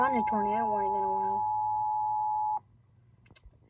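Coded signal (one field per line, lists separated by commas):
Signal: Emergency Alert System (SAME) tones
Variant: 853 and 960 Hz attention tone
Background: speech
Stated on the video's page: Tornado Warning for Nebraska and Iowa relayed on WDFA The Blizzard; the start of the alert is cut off.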